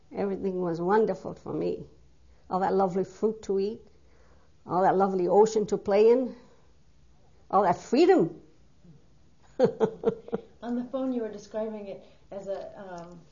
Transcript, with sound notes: Everything was wonderful for me, all that lovely fruit to eat, all that lovely ocean to play in, all that freedom (she laughs)
On the phone you were describing it as a, uh,